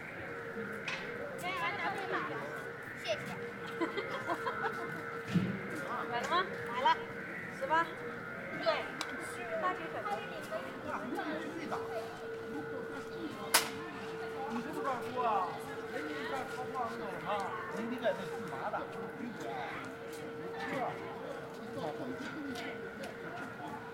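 At Beijing's Ditan, steady murmuring voices run beneath a constant pitched hum, with frequent light clicks and a sharp knock near thirteen seconds.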